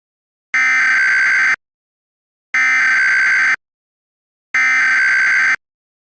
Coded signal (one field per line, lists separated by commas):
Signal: Emergency Alert System (SAME) tones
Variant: header bursts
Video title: Verizon FiOS EAS Fail Remake